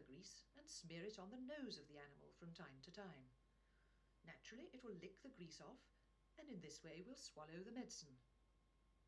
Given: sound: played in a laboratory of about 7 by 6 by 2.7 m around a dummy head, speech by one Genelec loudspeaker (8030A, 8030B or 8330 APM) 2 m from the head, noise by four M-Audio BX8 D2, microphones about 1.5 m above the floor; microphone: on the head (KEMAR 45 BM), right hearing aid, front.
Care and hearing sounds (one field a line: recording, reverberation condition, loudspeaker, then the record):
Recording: female speech in English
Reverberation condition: low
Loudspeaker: 60 degrees to the right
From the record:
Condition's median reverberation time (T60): about 310 ms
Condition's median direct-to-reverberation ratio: about 3.5 dB